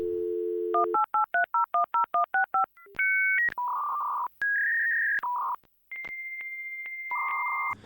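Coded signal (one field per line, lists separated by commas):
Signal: dial-up modem handshake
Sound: dial tone, 11 quick dialing beeps, answer tone, then warbling and rushing hiss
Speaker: I'm going to click on this M button here, and then I'll just play back uh the modem sound.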